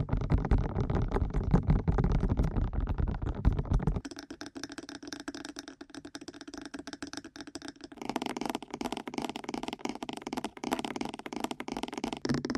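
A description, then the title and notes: Fast, dense tapping on or over the ear runs throughout, a continuous patter of quick soft hits. For the first four seconds it sounds thick and low, then turns thinner and lighter until about eight seconds, when it grows fuller and brighter through the end. ASMR Fast Ear Tapping (No Talking).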